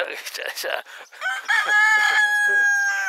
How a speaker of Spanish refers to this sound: Sí, se ve que el gallo dijo, bueno, está.